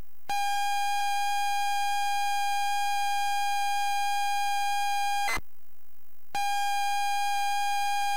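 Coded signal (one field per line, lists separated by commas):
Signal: ZX Spectrum tape loading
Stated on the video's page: ZX Spectrum tape loading on a +3 from a WH Smith CPD8300 cassette player.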